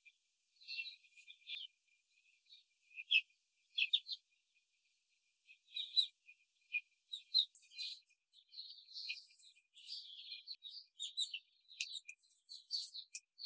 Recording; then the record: young laying hens in a cage, short pieces joined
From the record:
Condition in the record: control cage, before the stress test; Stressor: none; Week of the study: 4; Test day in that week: 3